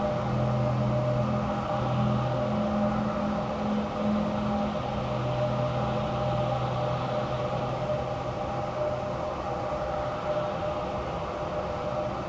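Steady ambience of a vast empty warehouse: a constant low rumbling drone with humming tones, a deeper hum that fades in and out early on.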